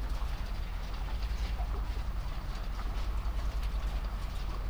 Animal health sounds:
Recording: poultry house recording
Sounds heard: sick chickens (respiratory disease)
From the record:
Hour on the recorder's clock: 20

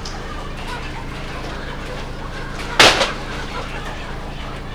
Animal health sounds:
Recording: poultry house recording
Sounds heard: healthy chickens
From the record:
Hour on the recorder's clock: 2

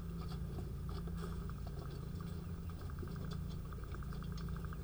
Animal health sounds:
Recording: poultry house recording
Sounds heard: sick chickens (respiratory disease)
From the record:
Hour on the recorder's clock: 3

